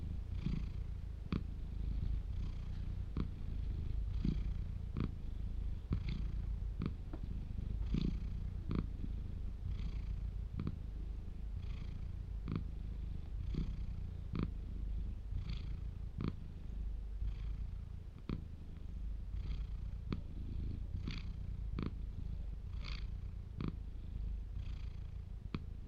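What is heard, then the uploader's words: A cat purrs steadily with a deep, rumbling drone, broken by regular soft clicks of breath roughly every second throughout. The good cat boy Bilbo purring.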